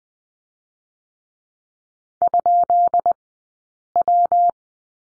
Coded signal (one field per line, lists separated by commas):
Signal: Morse code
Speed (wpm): 20 wpm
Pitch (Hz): 700 Hz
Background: none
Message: ?W